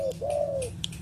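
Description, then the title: Pigeon giving soft, smoothly arched coos, one short and one longer, followed by a faint tick and the start of another coo, with a low hum underneath. "Canto Da Pomba"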